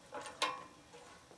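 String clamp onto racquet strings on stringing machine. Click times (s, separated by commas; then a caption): 0.4 s. A string clamp on a Klippermate racquet stringing machine is moved to the next main string of the racquet and snapped onto it. A short, sharp snap at 0.4 seconds stands out against quiet handling sounds, and the clamp seats in place on the string.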